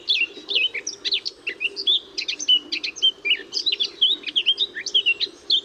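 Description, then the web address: Eurasian blackcap song: a fast, continuous warble of varied chirping and slurred notes. "SETE Sylvia atricapilla"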